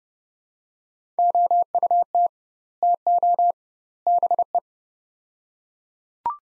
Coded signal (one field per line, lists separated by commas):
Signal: Morse code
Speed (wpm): 30 wpm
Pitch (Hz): 700 Hz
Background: none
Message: OUT TO BE